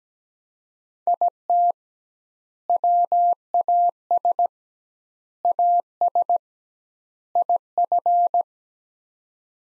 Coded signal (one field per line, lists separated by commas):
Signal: Morse code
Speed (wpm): 17 wpm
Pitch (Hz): 700 Hz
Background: none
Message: IT WAS AS IF